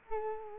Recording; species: mosquito wingbeat signal from an infrared sensor; Culex quinquefasciatus